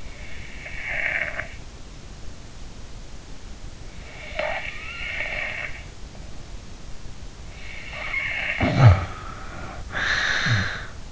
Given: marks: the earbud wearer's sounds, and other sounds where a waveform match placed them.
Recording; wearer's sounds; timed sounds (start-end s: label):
sounds in sleep by an in-ear microphone; snoring breath
0.00-1.49 s: snoring breath
4.19-5.84 s: snoring breath
7.53-11.12 s: snoring breath